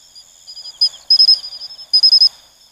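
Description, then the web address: Matsumushi cricket gives a brief lead note, then two bursts of a few loud, high, bell-like pulses, with softer pulses between and a steady insect hum behind. "sikioto insect matsumushi"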